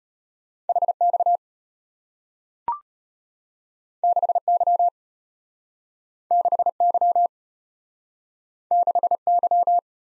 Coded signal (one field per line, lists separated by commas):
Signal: Morse code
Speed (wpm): 34 wpm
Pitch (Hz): 700 Hz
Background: none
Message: HX 6Y 6Y 6Y